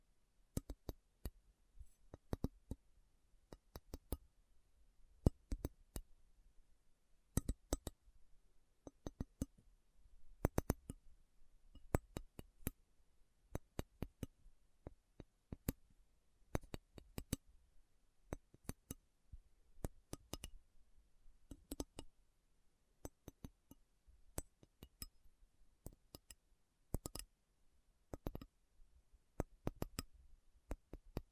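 Slow, irregular tapping on metal, each tap a sharp click with a bright ring. Taps come about one or two per second, sometimes in quick pairs, with short silences between them. A faint low rumble sits underneath throughout.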